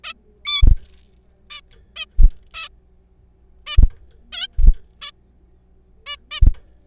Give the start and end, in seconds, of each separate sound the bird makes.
0.04-0.14, 0.45-0.62, 1.50-1.60, 1.96-2.05, 2.54-2.68, 3.67-3.77, 4.33-4.47, 5.02-5.11, 6.07-6.16, 6.31-6.40